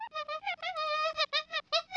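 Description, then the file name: Monkey calls: a quick series of tonal, harmonic calls, with a longer held note in the middle. "affe"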